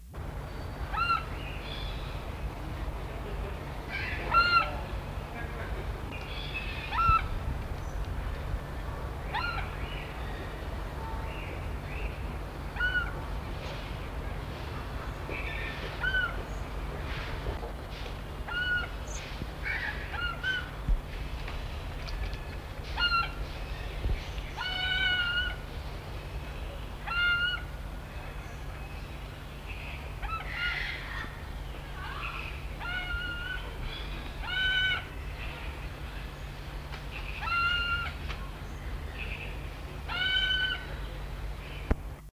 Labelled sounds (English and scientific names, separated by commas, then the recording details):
Savanna Hawk (Buteogallus meridionalis) call
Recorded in captivity
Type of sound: call
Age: adult
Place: Zoo London, England, GB
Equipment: Halbspur, 9,5 cm/s
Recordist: Lütgens, Hans
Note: Rufe